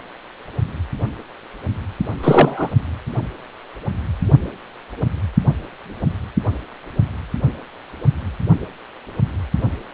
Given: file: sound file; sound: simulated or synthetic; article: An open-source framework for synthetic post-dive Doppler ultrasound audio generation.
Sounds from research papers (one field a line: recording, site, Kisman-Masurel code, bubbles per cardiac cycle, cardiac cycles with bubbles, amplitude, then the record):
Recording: Doppler ultrasound audio after a dive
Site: precordial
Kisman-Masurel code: 223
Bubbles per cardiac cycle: several, 3–8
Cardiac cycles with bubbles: 10–50%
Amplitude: loud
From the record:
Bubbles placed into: partial cardiac cycles